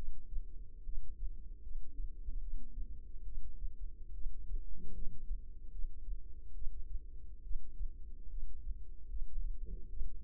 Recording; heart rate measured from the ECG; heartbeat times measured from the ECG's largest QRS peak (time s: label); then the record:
heart sounds by microphone in the left ear; 73 bpm
0.85 s: heartbeat
1.62 s: heartbeat
2.40 s: heartbeat
3.24 s: heartbeat
4.13 s: heartbeat
4.93 s: heartbeat
5.71 s: heartbeat
6.54 s: heartbeat
7.43 s: heartbeat
8.29 s: heartbeat
9.08 s: heartbeat
9.89 s: heartbeat
From the record:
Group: healthy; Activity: rest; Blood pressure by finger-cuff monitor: 136/80 mmHg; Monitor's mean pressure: 98 mmHg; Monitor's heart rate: 74 bpm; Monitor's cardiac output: 6.9 L/min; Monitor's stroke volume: 94 mL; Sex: female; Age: 22 years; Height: 161 cm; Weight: 65.5 kg